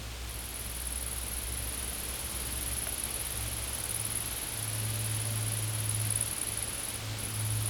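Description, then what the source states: Insect making a sustained, thin, very high buzz with one brief pause near the end, over a low steady hum and faint hiss. Insects recorded in a field.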